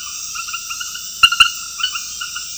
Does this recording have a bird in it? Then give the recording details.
no. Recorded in secondary vegetation near Puerto Asís, Putumayo, Colombia, on 20 February 2024 at 00:30. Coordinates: 0.481, -76.323. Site G6376